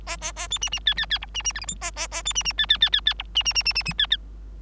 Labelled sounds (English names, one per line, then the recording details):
Bengalese Finch song
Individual Bird3